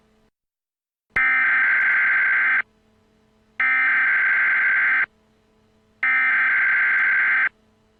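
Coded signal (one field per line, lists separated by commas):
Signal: Emergency Alert System (SAME) tones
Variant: header bursts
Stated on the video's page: Fictional mock EAS alert about a dirty bomb, made for entertainment only.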